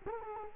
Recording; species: mosquito wingbeat signal from an infrared sensor; Culex quinquefasciatus